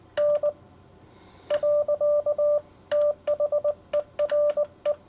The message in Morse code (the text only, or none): N. THERE